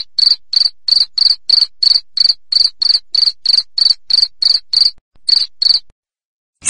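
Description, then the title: Cricket chirps, sharp and high, repeated rapidly about three per second, then a pause, two more chirps, and silence before one final chirp. "3.suara Hujan Guntur Suara Jangkrik Dan Burung"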